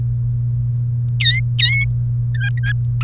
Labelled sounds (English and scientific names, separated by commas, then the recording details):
Domestic Canary (Serinus canaria) song
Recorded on 1 May 2018 at 10:13
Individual llb3